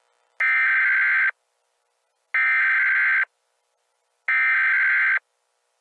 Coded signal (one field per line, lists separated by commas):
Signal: Emergency Alert System (SAME) tones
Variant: header bursts